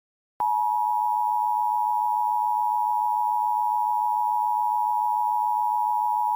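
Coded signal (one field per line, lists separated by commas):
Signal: Emergency Alert System (SAME) tones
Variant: 853 and 960 Hz attention tone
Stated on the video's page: Fictional EAS scenario.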